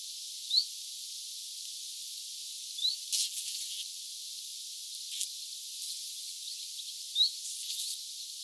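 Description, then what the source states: Common chiffchaff calls: short, high, rising whistled notes, three spaced a few seconds apart, over steady hiss with a few brief rustling bursts. Two birds calling, recorded 6 September 2025; call rendered as 'bizt'.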